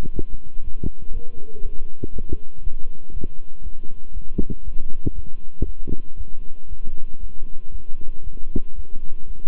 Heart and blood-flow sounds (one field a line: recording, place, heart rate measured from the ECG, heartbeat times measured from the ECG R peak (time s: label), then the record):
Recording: heart sounds by stethoscope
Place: between the tricuspid and mitral areas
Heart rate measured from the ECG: 118 bpm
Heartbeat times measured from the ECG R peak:
0.12 s: heartbeat
0.62 s: heartbeat
1.12 s: heartbeat
1.61 s: heartbeat
2.11 s: heartbeat
2.62 s: heartbeat
3.12 s: heartbeat
3.62 s: heartbeat
4.12 s: heartbeat
4.63 s: heartbeat
5.14 s: heartbeat
5.64 s: heartbeat
6.16 s: heartbeat
6.67 s: heartbeat
7.19 s: heartbeat
7.70 s: heartbeat
8.22 s: heartbeat
8.74 s: heartbeat
9.26 s: heartbeat
From the record:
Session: walking at 3.7 km/h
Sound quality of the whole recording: good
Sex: male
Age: 26 years